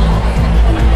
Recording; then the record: background sound without coughing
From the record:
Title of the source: Party Noise 1 Hour Party Ambience